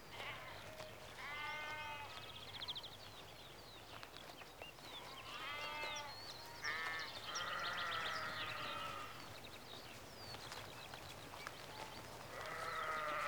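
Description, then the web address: Sheep bleating: several wavering, harmonic-rich bleats throughout, with bird calls in the background. Sheep in a rural exterior atmosphere, recorded in early evening at mid-close range. "Sound Effects Library (Exterior Atmospheres-Rural Backg) Sheep Early Evening-Mid Close"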